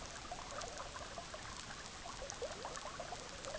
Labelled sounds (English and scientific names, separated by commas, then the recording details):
none
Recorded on Arctic tundra, site EABA-MC, on 18 June 2019
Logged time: 06:00